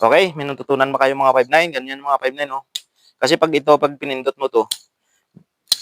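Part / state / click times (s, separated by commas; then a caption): handcuff swing arm into its ratchet lock / seated / 5.7 s. A man talks for most of the clip while handling a handcuff. At 5.7 s he presses the swinging arm, and it snaps around into its ratchet lock with a sharp, loud click, closing the cuff shut.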